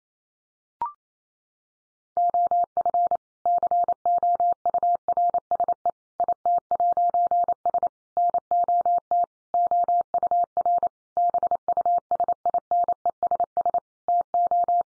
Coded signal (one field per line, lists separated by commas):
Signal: Morse code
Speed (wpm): 28 wpm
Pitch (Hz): 700 Hz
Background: none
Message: OF COURSE IT'S NOT OUR BUSINESS TO